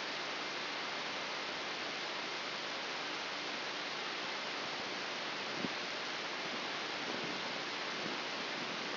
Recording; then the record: brain microelectrode recording played as sound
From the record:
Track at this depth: inside the subthalamic nucleus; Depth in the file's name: 3.898 mm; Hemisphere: left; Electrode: 3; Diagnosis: Parkinson's disease